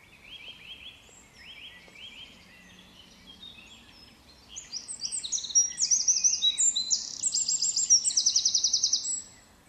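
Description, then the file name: Eurasian wren song: soft high notes at first, then a loud, fast cascade of piercing trills and rattling twitters running for about five seconds. "Troglodytes troglodytes"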